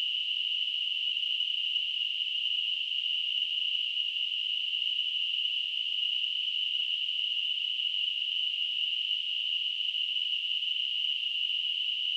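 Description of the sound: A steady, high-pitched hissing tone holds unchanged for about 12 seconds, with no breaks or swells. This is a simulated tinnitus sound, imitating the constant ringing or hissing heard in the ears without any outside source.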